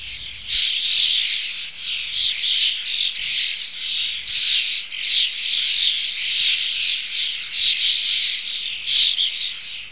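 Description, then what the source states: Common starling chatter: a continuous dense stream of high, scratchy, overlapping notes that swells and dips without a break. Starling song used as a lure in Italian traditional bird-catching (uccellagione).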